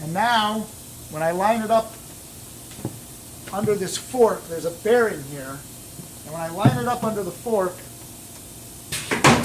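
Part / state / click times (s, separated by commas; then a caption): bearing on press platen arm into indexing fork / not seated / none. Someone talks while lining up a bearing on the arm of a rotating t-shirt press platen under an indexing fork, with a brief burst of handling noise near 9.1 s. The bearing has not yet locked into the fork; nothing has seated yet.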